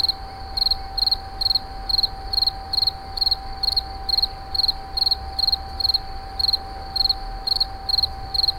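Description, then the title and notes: Insect calling with rapid pulsed chirps repeated at a slightly uneven pace, a steady tone running behind. Recorded in 2011 near a wastewater treatment plant at Moulins-sur-Allier. "Insect near WWTP. 2011, Moulins sur allier"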